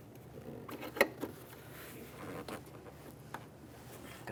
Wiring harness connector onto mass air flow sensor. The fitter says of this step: a little click from that we'll give it a tug just to ensure that it is secured and now I'll lock it in